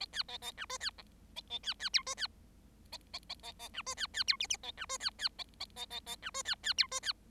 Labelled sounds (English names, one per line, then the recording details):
Bengalese Finch song
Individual Bird7